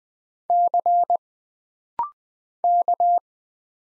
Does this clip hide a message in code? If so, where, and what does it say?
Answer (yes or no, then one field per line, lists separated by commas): yes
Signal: Morse code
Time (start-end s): 0.5-3.2 s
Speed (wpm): 20 wpm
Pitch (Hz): 700 Hz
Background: none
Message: C K